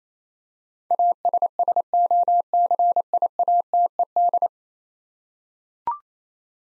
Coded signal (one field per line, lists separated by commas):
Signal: Morse code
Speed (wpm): 27 wpm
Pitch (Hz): 700 Hz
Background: none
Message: ASSOCIATED